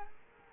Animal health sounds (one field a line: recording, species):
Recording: mosquito wingbeat signal from an infrared sensor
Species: Culex quinquefasciatus